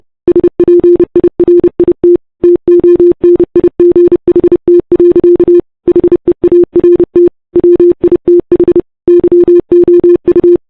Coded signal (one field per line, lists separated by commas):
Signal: Morse code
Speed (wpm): 29 wpm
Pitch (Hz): 350 Hz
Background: none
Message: SPIRIT TONIGHT. HEART WITH YOU